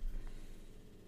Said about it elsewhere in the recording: It is snoring. That is the bulldog. He is passed out. That is the dog snoring on the floor. He is the loudest small dog I've ever heard.